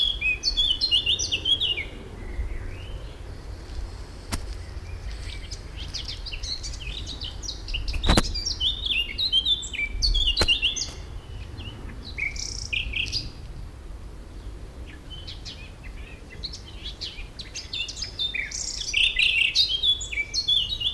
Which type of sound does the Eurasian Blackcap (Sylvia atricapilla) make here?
song